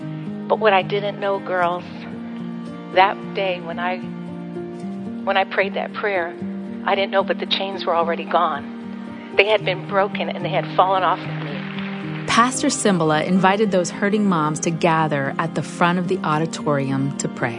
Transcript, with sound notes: But what I didn’t know, girls was that day when I prayed that prayer, the chains were already gone. They had been broken, and they had fallen off of me! (applause)
Pastor Cymbala invited those hurting moms to gather at the front of the auditorium to pray.